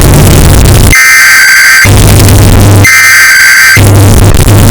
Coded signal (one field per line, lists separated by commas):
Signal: Emergency Alert System (SAME) tones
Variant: header bursts